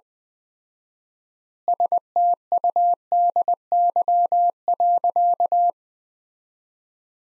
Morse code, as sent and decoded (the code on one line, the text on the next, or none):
... - ..- -.. -.-- .-.-.-
STUDY.